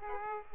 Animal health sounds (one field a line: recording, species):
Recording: mosquito wingbeat signal from an infrared sensor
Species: Aedes aegypti